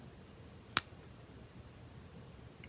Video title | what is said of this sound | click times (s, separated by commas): The Gerber Center Drive Plus Multi Tool - 2021!!!!!!!!!!!!!!!!!!!!!!!!!!!!!!!!!!!!!!!!!!!! | and it snaps in place | 0.8 s